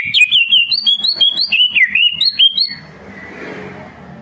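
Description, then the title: Leafbird song: a quick run of bright, slurred whistles and chips, then a soft hiss once the singing stops. Training and lure song for cage birds; singing actively (gacor). "Masteran & Pancingan Cucak Ijo Gacor"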